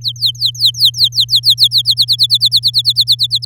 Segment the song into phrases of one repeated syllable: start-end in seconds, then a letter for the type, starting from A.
0.01-1.94 A, 1.97-3.45 B